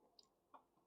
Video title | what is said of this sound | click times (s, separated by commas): Live! Computer Repair, Xbox Repair, PS5 Repair, Gaming PC Builds. | There's the click. | 0.2 s